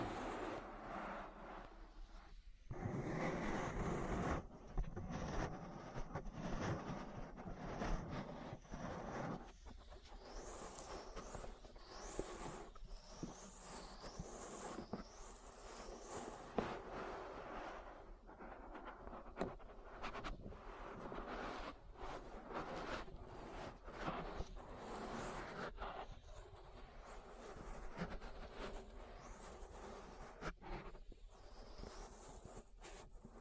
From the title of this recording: ASMR Relaxing Ear Massage